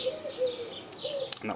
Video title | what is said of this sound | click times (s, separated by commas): Openreach MDU budi box cable installation | click into place and | 1.3 s